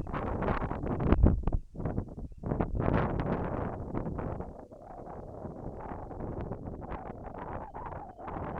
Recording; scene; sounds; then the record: everyday scene through a hearing-aid microphone; wind on the microphone; wind, whistling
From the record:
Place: in front of a rural house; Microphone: behind the ear, left, rear